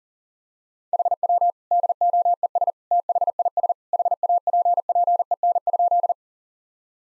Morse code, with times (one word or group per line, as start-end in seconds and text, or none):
0.9-1.5 HW
1.7-2.7 DOES
2.9-3.7 THIS
3.9-6.1 HAPPEN?